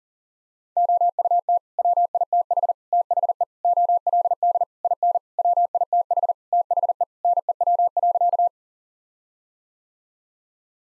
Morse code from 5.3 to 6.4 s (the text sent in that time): WITH